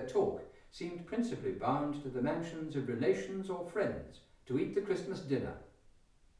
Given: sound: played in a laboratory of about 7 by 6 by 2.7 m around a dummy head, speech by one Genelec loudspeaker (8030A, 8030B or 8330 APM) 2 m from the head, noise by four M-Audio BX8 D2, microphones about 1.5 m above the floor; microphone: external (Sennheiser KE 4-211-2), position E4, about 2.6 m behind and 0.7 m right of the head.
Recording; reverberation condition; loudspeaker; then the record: male speech in English; medium; 60 degrees to the left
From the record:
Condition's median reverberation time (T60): about 510 ms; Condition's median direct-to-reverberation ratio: about -0.5 dB